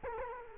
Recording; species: mosquito wingbeat signal from an infrared sensor; Culex quinquefasciatus